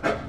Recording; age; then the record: pig call; growing-finishing pig (85 days or more)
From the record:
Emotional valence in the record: positive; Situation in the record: run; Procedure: transit